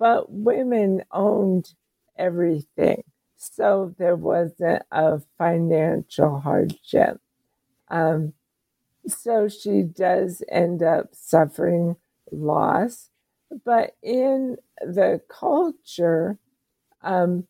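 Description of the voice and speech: An adult woman with ALS, diagnosed about seven years earlier and considered a very slow progressor, speaks slowly, syllable by syllable, with stretched sounds, frequent pauses and some creak, fitting mild dysarthria. Her voice is slow and her talking is limited.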